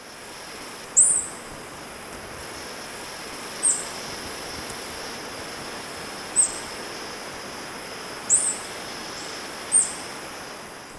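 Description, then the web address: Golden tanager giving brief, very high, thin notes every few seconds, one doubled, over steady background noise. Ecuador. "Natures Songs S America Birds of Ecuador. Golden Tanager"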